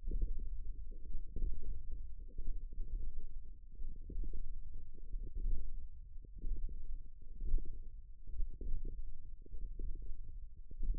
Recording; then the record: forearm muscle sounds (acoustic myography)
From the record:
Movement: index flexion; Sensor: system 1, eight BSWA MPA416 microphones around the upper forearm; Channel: 6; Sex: female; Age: 20 years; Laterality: right